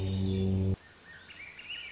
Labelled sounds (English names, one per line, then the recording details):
Swainson's Thrush
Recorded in Sonoma County, California